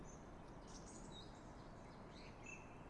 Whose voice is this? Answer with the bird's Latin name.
Turdus philomelos